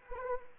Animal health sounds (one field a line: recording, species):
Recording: mosquito wingbeat signal from an infrared sensor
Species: Anopheles arabiensis